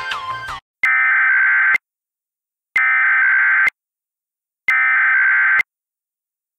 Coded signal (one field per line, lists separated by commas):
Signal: Emergency Alert System (SAME) tones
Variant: header bursts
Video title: EAS Mock: A Confirmed tornado line (EXPERIMENTAL)